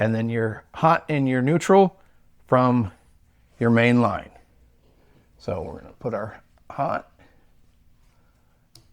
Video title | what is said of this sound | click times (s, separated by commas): Chic Ceilings: A DIY Journey with Chandeliers | Locked into place. | 8.8 s